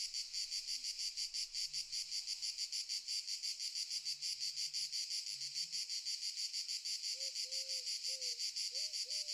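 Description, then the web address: Cicadas buzz in a loud, steady, high chorus pulsing about three times a second, with a few faint low tonal notes near the end. Cicadas stridulating very loudly in summer fields during the day, in the morning. "Sculp Tunes - Summer in the field - Crickets and Cicadas - Summer in the fields - DAY Morning - the cicadas stridulate very loudly"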